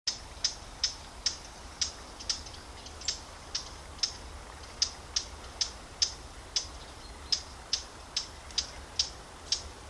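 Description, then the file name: Eurasian blackcap calls, sharp hard clicking 'tack' notes repeated about twice a second, roughly twenty in a row, against a low background hiss. "Sylvia atricapilla"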